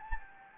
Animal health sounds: mosquito wingbeat signal from an infrared sensor; Anopheles gambiae

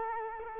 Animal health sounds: mosquito wingbeat signal from an infrared sensor; Culex quinquefasciatus

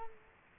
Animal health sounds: mosquito wingbeat signal from an infrared sensor; Culex quinquefasciatus

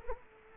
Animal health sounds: mosquito wingbeat signal from an infrared sensor; Culex quinquefasciatus

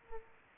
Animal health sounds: mosquito wingbeat signal from an infrared sensor; Aedes aegypti

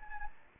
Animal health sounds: mosquito wingbeat signal from an infrared sensor; Anopheles gambiae

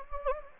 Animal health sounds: mosquito wingbeat signal from an infrared sensor; Anopheles gambiae

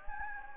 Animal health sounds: mosquito wingbeat signal from an infrared sensor; Anopheles gambiae

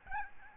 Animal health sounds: mosquito wingbeat signal from an infrared sensor; Aedes albopictus

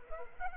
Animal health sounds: mosquito wingbeat signal from an infrared sensor; Culex pipiens

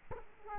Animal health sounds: mosquito wingbeat signal from an infrared sensor; Culex quinquefasciatus

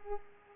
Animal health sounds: mosquito wingbeat signal from an infrared sensor; Culex pipiens

